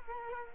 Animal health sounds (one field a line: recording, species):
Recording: mosquito wingbeat signal from an infrared sensor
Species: Culex quinquefasciatus